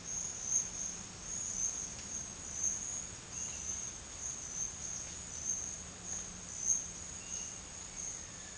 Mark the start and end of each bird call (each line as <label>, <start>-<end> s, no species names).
bird call, 7.13-8.58 s